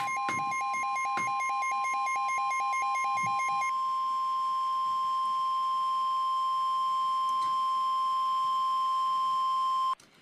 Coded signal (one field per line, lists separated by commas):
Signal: Emergency Alert System (SAME) tones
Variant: 1050 Hz attention tone